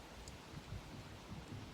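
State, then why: Not seated. A metal bar is pressed up into a spring inside a washer timer, heard as low, steady rustling noise with a faint brief high blip near 0.3 s. The bar fails to click into the spring, and nothing has seated or clicked yet.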